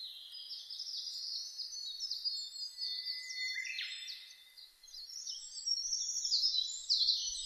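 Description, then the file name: Bird song: sustained high warbling and twittering, a brief downward-sliding note near the middle, then a brighter run of chirps. Birdsong (saezuri) recorded on 1 May 2005. "050501 saezuri"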